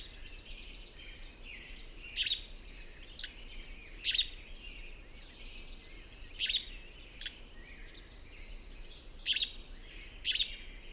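Bird song: thin high twittering with recurring sharp bright notes over a faint steady background hiss.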